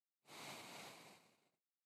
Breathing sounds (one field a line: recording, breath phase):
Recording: one breath near a microphone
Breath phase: exhalation